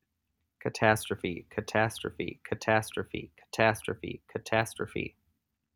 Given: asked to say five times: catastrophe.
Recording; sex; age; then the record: repeated word; male; 20 to 29 years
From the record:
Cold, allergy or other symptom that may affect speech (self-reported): no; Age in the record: 28 years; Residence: Wisconsin, United States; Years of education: 12